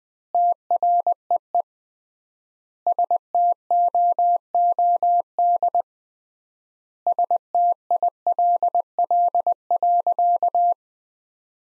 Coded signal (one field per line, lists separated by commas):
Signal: Morse code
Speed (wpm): 20 wpm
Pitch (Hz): 700 Hz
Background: none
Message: TREE STOOD STILL.